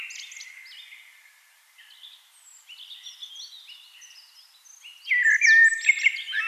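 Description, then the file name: Eurasian blackbird: a strong fluty warbled phrase arrives near the end, after quieter high chirping. "Turdus merula"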